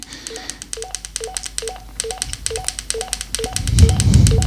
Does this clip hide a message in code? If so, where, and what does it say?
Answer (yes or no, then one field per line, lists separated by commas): no